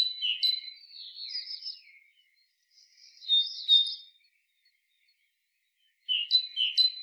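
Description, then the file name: Great tit calls: short high chirps and sweeping notes near the start, a burst of sliding call notes midway, then a few short high notes at the end; otherwise quiet. "Parus major"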